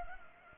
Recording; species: mosquito wingbeat signal from an infrared sensor; Culex pipiens